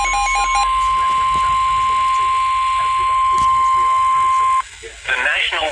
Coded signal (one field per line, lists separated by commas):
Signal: Emergency Alert System (SAME) tones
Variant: 1050 Hz attention tone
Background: speech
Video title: Good Morning, Have a warning. (EAS#340-345)